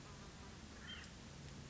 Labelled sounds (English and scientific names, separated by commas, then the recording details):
Hutton's Vireo (Vireo huttoni)
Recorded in Sonoma County, California